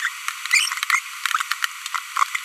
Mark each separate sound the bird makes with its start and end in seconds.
0.90-0.99